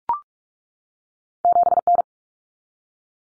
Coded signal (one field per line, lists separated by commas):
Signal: Morse code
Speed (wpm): 44 wpm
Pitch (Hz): 700 Hz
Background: none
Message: 7N